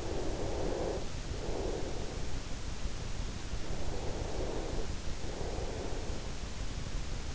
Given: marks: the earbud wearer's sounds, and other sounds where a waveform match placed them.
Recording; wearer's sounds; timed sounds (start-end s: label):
sounds in sleep by an in-ear microphone; breath
0.00-2.08 s: breath
3.75-5.90 s: breath